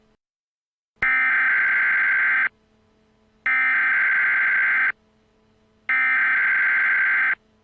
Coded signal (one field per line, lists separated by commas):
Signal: Emergency Alert System (SAME) tones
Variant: header bursts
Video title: Equestria EAS: Train Derailment (Re-upload)